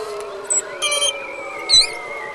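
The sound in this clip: Beluga whale sounds: steady tonal whistles with bands of clicks and short pulsed bursts, a brief high chirp near the end.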